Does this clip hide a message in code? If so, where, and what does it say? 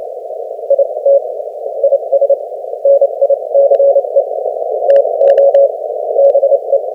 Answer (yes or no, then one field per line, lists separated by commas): yes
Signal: Morse code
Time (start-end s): 0.7-6.8 s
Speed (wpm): 29 wpm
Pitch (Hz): 560 Hz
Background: none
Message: IT IS NICE TO BE